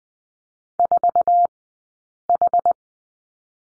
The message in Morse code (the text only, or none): 4H